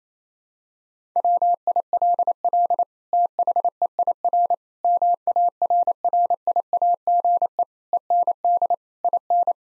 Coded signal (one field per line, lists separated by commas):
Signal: Morse code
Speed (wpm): 28 wpm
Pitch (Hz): 700 Hz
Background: none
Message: WILL THEIR MARRIAGE END IN